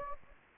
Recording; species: mosquito wingbeat signal from an infrared sensor; Anopheles gambiae